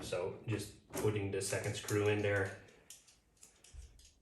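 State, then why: Not seated. A second screw is driven in to fasten a replacement wheel or handle part into the hard shell of a Rimowa Trunk S suitcase during a DIY repair. Someone talks for the first 2.6 seconds, followed by faint short taps and scrapes around 2.9, 3.4, 3.7 and 4.0 seconds. The screw pulls the part into place, but nothing has snapped home yet, unlike the first side.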